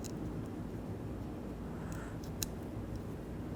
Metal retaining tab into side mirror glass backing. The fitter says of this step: could hear a click a light tug same process for the next one